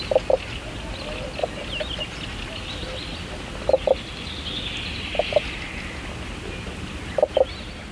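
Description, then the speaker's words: Common spadefoot giving muffled paired knocking notes, with one single knock, in brief bursts separated by pauses, over an even low hiss. Sings underwater, a somewhat mystical bubbling sound also audible on land; Estonia, at the northern limit of its range; ponds deepened and cleaned to improve its habitat. "Mudakonn laulab vee all, kuid seda veidi müstilist mulksumist on kuulda ka maismaale."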